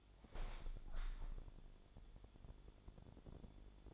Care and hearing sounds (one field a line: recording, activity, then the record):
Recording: daily activity, microphone in the room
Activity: open window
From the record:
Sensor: 5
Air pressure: 1000.6 hPa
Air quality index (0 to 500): 141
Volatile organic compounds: 2 ppm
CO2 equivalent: 1086 ppm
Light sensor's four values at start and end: 41/98/41/44 and 41/98/41/44